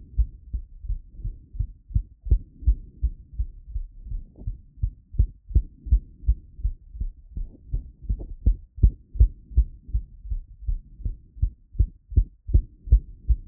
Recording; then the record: heart sounds by stethoscope after running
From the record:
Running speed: 7 mph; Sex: male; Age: 20 to 29 years